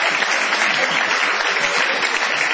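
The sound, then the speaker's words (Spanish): An audience applauds a candy seller steadily, a dense, even wash of many hands clapping at a constant loudness throughout, with no voices standing out above it. “La gente le aplaude al caramelero.”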